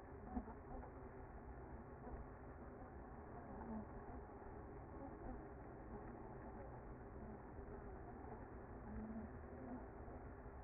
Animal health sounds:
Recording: honeybee colony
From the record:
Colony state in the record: active

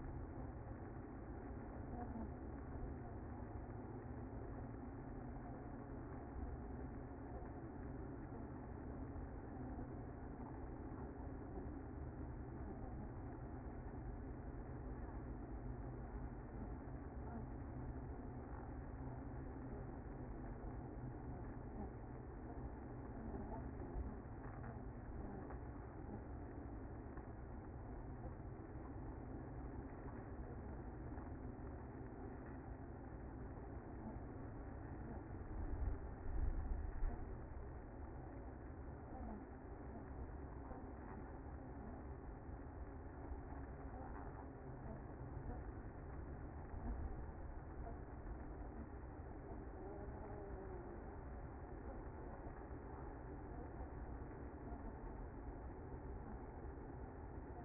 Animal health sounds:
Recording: honeybee colony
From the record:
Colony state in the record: active

